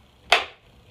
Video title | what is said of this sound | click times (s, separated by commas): 2015-04-08 How I Tension a Chainsaw Chain | okay that click | 0.3 s